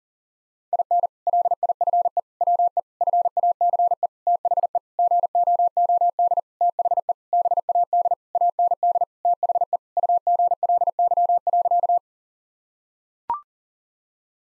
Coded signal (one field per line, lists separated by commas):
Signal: Morse code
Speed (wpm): 40 wpm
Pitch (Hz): 700 Hz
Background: none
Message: IN LIFE WE FACE THE GOOD THE BAD AND THE UGLY.